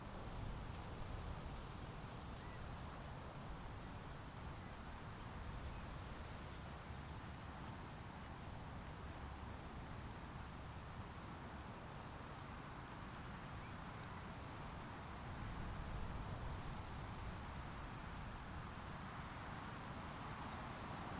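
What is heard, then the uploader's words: Wind rushes steadily through sage in a dense, even hiss with low rumbling gusts, swelling slightly louder around sixteen seconds. Early Evening At Columbia National Wildlife Refuge. Because of the long summer-time aridness of the refuge, vegetation is sparse. Prairie grasses and sage dominate the landscape outside of the marshy coulees. There are times in which I felt like I was out just to record wind through sage.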